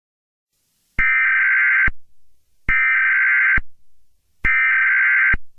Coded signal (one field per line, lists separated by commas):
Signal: Emergency Alert System (SAME) tones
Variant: header bursts